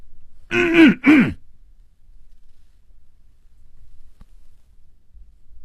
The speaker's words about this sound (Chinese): 他努力地鼓足了勇气，咳嗽了一声。